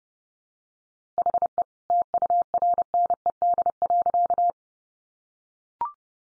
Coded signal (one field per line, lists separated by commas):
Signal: Morse code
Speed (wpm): 30 wpm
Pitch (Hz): 700 Hz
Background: none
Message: HE TURNED.